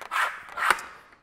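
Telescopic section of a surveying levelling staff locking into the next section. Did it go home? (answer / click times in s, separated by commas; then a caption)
partly / 0.7 s. A telescopic section of a surveying levelling staff is slid out with a brief rubbing scrape and catches on the next section with a sharp click at 0.7 s. The section has not clicked in properly: there is still movement in the joint, which could make the level readings inaccurate.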